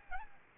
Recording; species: mosquito wingbeat signal from an infrared sensor; Aedes albopictus